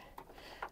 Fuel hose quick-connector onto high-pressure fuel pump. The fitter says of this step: détrompeur enfin le tuyau noir en plus ça se clipse très très bien et